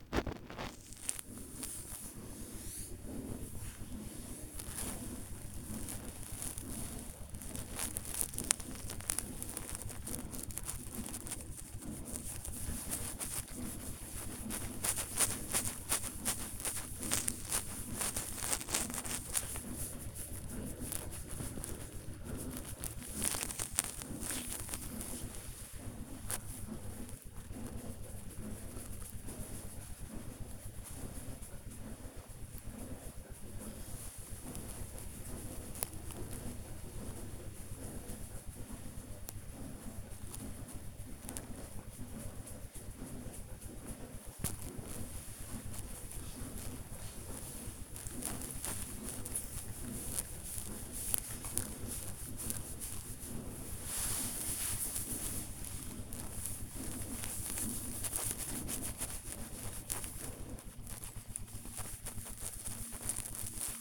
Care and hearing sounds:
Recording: household activities, microphone on the right wrist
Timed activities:
0.00-63.81 s: petting the dog

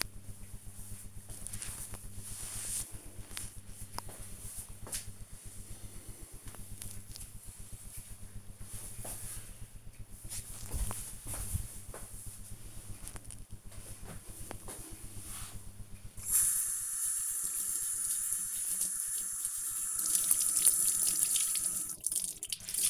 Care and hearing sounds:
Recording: household activities, microphone on the right wrist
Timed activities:
12.75-22.90 s: cleaning table

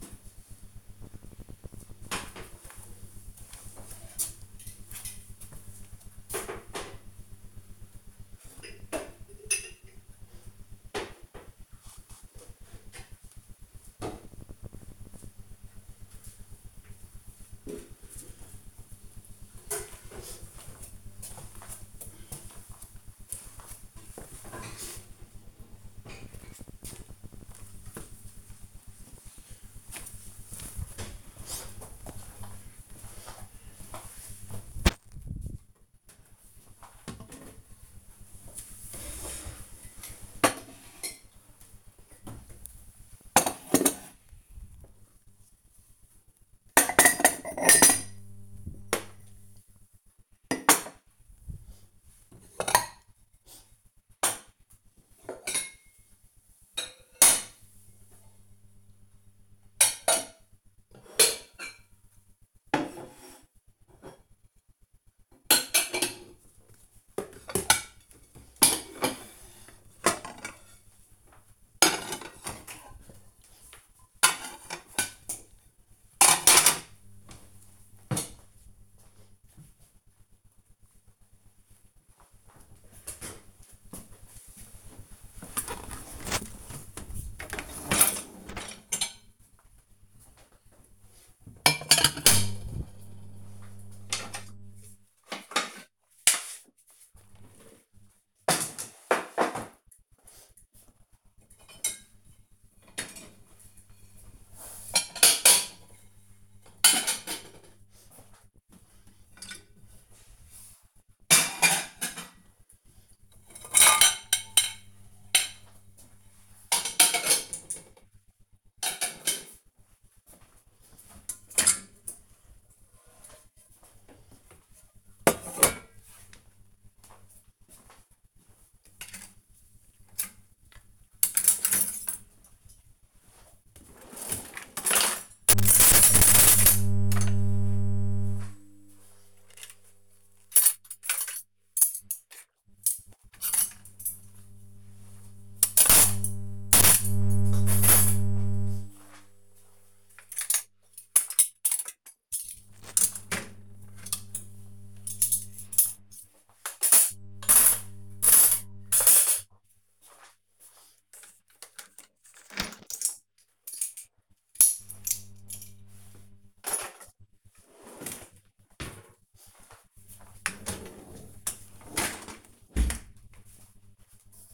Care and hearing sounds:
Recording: household activities, microphone on the right wrist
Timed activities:
34.75-79.04 s: putting away the dishes
83.07-172.71 s: cleaning out the dishwasher

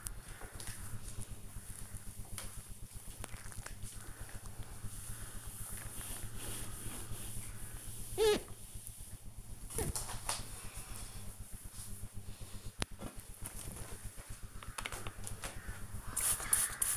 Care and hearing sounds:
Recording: household activities, microphone on the right wrist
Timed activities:
0.00-16.97 s: window cleaning

